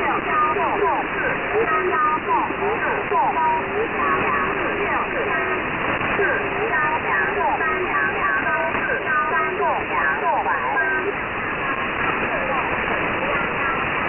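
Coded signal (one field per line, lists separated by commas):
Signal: numbers station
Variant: VC01 Chinese Robot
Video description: The Chinese oddity station VC01, also called the "Chinese Robot" has been around for many years.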